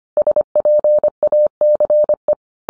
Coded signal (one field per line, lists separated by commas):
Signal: Morse code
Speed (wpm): 25 wpm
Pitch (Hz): 600 Hz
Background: none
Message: SPACE